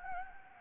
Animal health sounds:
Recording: mosquito wingbeat signal from an infrared sensor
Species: Anopheles gambiae

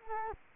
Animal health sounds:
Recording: mosquito wingbeat signal from an infrared sensor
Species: Culex quinquefasciatus

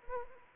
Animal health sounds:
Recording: mosquito wingbeat signal from an infrared sensor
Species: Anopheles arabiensis

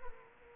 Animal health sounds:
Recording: mosquito wingbeat signal from an infrared sensor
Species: Culex quinquefasciatus

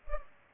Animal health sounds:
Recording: mosquito wingbeat signal from an infrared sensor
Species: Culex pipiens

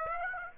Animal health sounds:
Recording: mosquito wingbeat signal from an infrared sensor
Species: Aedes aegypti

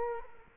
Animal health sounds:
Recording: mosquito wingbeat signal from an infrared sensor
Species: Culex quinquefasciatus

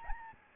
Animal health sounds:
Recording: mosquito wingbeat signal from an infrared sensor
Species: Aedes albopictus

